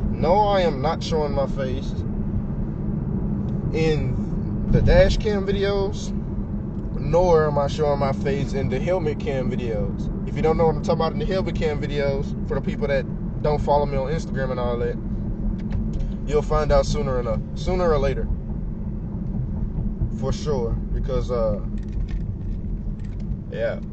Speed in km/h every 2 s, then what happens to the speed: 60, 60, 58, 56, 56, 53, 52, 47, 47, 45, 39, 37.
0-8 steady at about 58. 8-24 slows to 37.